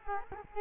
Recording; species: mosquito wingbeat signal from an infrared sensor; Culex quinquefasciatus